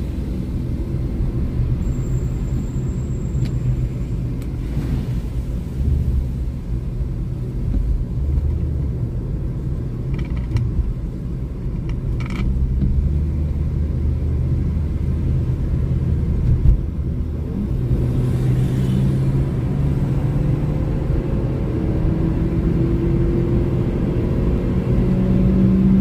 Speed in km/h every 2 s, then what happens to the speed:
54, 54, 47, 46, 48, 44, 48, 53, 58, 70, 78, 88, 95.
0-11 slows to 44. 11-26 speeds up to 95.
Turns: none.